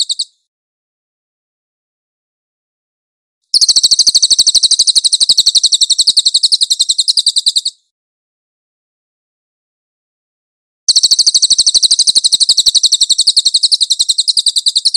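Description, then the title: Cililin song in long, rapid, high-pitched chattering trills separated by silent pauses. Master (tutor) song of the cililin, clear audio. "MASTER SANGAT BAGUS SUARA BURUNG CILILIN, AUDIO JERNIH"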